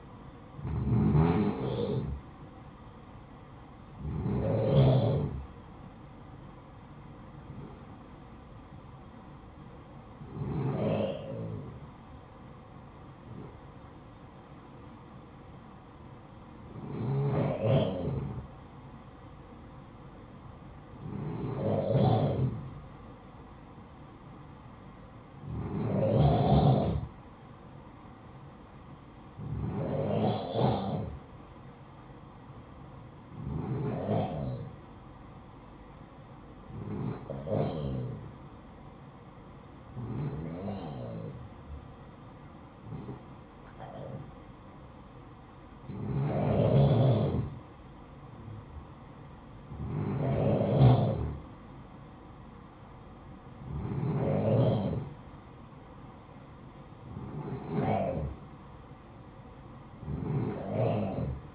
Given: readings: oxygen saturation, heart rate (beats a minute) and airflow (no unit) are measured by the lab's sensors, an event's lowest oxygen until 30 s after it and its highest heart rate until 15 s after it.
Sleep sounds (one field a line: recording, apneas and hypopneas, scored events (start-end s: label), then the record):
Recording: breathing in sleep by a smartphone at the bedside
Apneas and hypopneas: 1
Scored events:
14.00-49.00 s: hypopnea (N2, oxygen 96% highest, then 93% lowest, heart rate 60 at the start, 67 highest)
From the record:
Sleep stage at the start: N2 (light sleep)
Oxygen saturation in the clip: 91 to 96%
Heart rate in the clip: 55 to 67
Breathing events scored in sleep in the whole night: 573 in 9.8 hours asleep